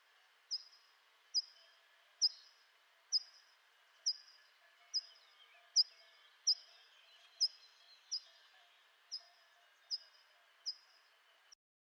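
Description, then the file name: Hawfinch giving sharp, high, clipped 'tzik' calls, repeated steadily about once a second for roughly fourteen notes, over a faint hiss. "Grosbec cassenoyaux"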